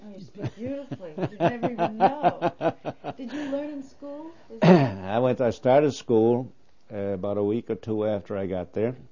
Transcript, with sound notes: Oh you speak beautifully, you'd never even know. (He laughs.) Did you learn in school?
I went to, I started school about a week or two after I got here.